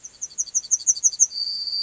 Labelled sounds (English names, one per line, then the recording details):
Yellowhammer song
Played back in grassland
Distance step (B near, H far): C
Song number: 127